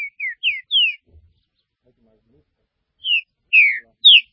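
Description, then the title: Green-winged saltator song: quick falling whistled notes, a two-second pause, then three more loud slurred whistles. "Trinca Ferro"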